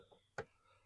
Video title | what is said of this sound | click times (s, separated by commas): Pt8. Nearly time for koi fish…A final push to get the raised sleeper koi pond build ready. | there. So, you'll feel it click and push that in. | 0.4 s